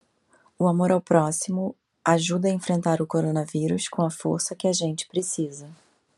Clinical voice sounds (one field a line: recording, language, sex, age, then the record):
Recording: spoken sentence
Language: Brazilian Portuguese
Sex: female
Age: 30 to 39 years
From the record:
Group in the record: control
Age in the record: 38 years